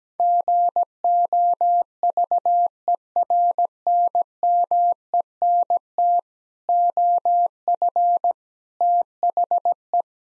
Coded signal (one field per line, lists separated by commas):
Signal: Morse code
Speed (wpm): 17 wpm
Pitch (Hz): 700 Hz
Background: none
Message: GOVERNMENT OF THE